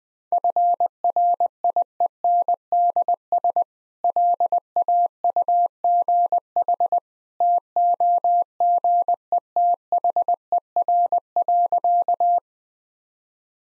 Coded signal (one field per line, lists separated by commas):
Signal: Morse code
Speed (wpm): 21 wpm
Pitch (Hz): 700 Hz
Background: none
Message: FRIENDS LAUGH TOGETHER.